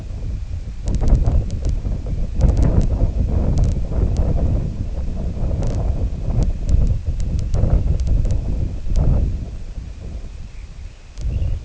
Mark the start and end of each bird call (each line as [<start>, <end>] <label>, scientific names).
[10.33, 11.58] Calidris alpina